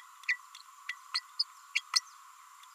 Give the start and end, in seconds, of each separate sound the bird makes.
0.28-0.38, 1.14-1.19, 1.39-1.44, 1.75-1.81, 1.96-2.00